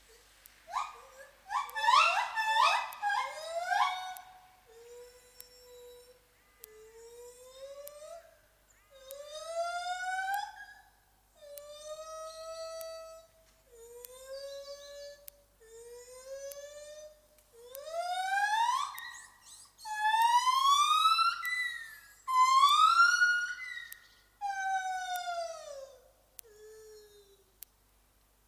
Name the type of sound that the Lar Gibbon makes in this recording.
call